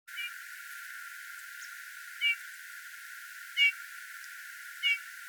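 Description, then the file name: Eurasian bullfinch giving four soft, fluty piping call notes spaced irregularly over a few seconds against light background hiss. "Pyrrhula pyrrhula"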